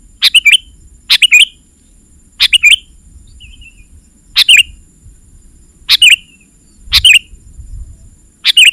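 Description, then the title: Sooty-headed bulbul giving seven short bubbly phrases, two or three notes each, at irregular intervals against a quiet background with a faint high hum. "kutilang"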